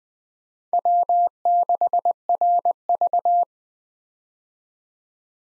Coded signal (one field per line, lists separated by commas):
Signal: Morse code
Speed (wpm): 21 wpm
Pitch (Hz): 700 Hz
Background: none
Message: W6RV